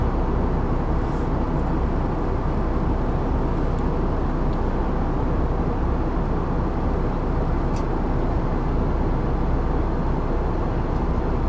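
Plane engine noise during a flight: a steady, dense roar concentrated in the low and middle range, with almost no change in level across the whole stretch. Faint brief ticks and a short bright click near the eighth second sit above the drone.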